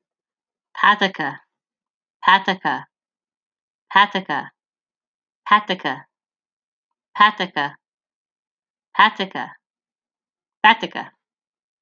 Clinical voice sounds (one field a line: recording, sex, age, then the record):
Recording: repeated syllables /pa ta ka/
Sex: female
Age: 40 to 49 years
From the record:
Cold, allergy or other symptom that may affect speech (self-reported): no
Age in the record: 45 years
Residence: California, United States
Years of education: 16